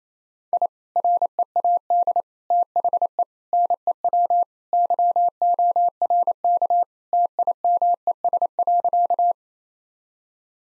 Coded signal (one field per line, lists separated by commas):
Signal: Morse code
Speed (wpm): 28 wpm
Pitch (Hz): 700 Hz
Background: none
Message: I READ THE NEW YORK TIMES.